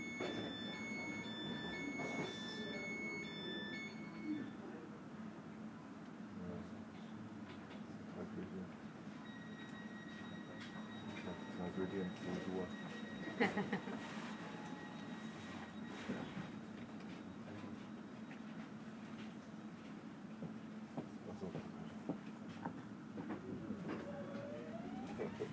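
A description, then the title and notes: An S-Bahn train rolls steadily along with a continuous low rumble and a dense, even clatter from the wheels. Thin whining tones rise and fall throughout, a few brief clunks stand out around the middle, and faint beeping chimes sound near the start. Relaxing Circuit on Berlin's Ringbahn. Authentic audio recording of this unique S-Bahn trip.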